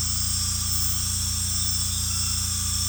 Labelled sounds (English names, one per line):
none